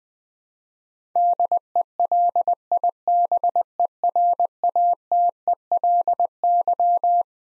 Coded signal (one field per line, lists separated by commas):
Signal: Morse code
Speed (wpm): 20 wpm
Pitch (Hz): 700 Hz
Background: none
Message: DELIBERATELY